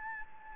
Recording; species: mosquito wingbeat signal from an infrared sensor; Anopheles gambiae